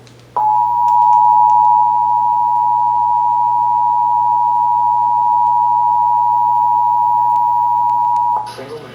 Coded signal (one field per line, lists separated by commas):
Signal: Emergency Alert System (SAME) tones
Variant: 853 and 960 Hz attention tone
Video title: (EAS #713-720) July 2024 Texas Required Monthly Test